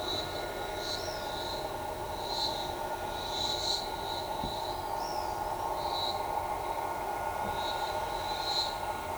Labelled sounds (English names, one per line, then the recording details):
Pale-eyed Pygmy Tyrant
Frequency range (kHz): Pale-eyed Pygmy Tyrant 4.2-6.1 kHz
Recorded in shrubland near Pivijay, Magdalena, Colombia, on 16 April 2023 at 14:30
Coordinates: 10.453, -74.365
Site P5-G022